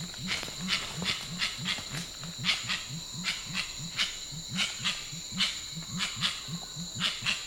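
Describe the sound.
Grey-winged trumpeter giving deep, low hooting notes in a steady rapid series, with sharp clicking bursts and a constant high insect whine over it.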